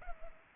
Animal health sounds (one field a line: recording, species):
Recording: mosquito wingbeat signal from an infrared sensor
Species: Culex pipiens